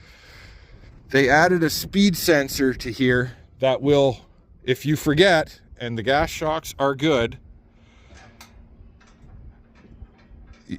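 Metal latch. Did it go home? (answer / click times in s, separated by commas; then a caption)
released / 8.4 s. Someone talks while the folding access stairs on a Vaderstad Seedhawk seed drill are operated, with the stair release latch on the drill's toolbar nearby. At 8.4 s a short, sharp click is heard as the latch clicks open and releases the stairs.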